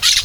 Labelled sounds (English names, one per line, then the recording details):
Brown-throated Parakeet contact call
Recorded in Venezuela
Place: Guárico; Corozopando; Fundo La Fe
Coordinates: 8.506, -67.593